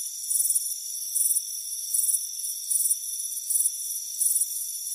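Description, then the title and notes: Cricket chirps arrive as brief high pulsed trills at a steady pace above a constant insect hiss. Soothing chirping. "Soothing Crickets Chirping Sound. It's a warm afternoon as you relax in a hammock on the front porch. Deep Sleep Sounds"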